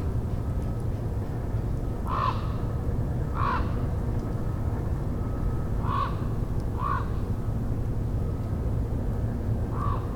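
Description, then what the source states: Raven calling: five hoarse, croaking caws spaced a second or more apart, heard over a steady low rumble. Raven flying by.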